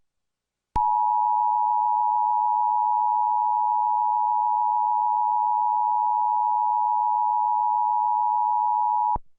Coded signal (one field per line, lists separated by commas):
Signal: Emergency Alert System (SAME) tones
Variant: 853 and 960 Hz attention tone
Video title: EAS Mock: Shell Knob Tornado 3/23/16 *Requested By @BNSFandRBLXfan3425*